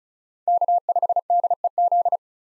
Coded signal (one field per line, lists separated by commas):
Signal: Morse code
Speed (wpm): 34 wpm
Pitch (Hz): 700 Hz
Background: none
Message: K5DEZ